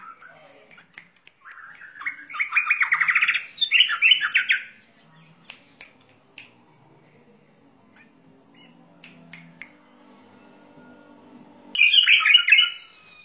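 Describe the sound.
Bird singing a dense, buzzy warbled phrase for a few seconds, then a long quiet spell with faint clicks, ending on another rich burst of song.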